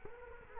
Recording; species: mosquito wingbeat signal from an infrared sensor; Culex quinquefasciatus